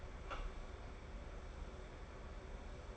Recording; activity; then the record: daily activity, microphone in the room; open door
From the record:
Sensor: 5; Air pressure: 1015.3 hPa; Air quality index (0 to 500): 216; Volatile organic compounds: 12 ppm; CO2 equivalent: 2348 ppm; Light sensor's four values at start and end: 35/80/32/31 and 35/80/32/31